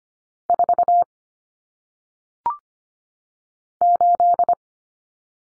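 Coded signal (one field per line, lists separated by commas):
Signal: Morse code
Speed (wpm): 25 wpm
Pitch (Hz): 700 Hz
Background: none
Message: 4 8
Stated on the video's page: Morse cut numbers for single digits at 25 wpm, T, A, N substituting for 0, 1, 9; head-copy drill with each number sent, spoken, then sent again.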